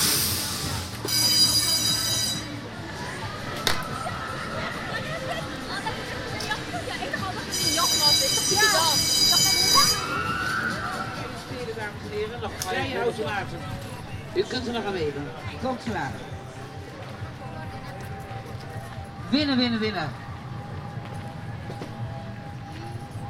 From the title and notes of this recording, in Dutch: Koninginnekermis "Queens fair", Lange Voorhout, Den Haag. The Queens fair, an annual fair that takes place around Queens day (April 30th) on the Lange Voorhout and the Lange Vijverberg in The Hague. De Haagse Koninginnekermis, elk jaar rond Koninginnedag op het Lange Voorhout en de Lange Vijferberg.